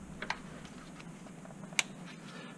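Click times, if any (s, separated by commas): 0.3 s, 1.8 s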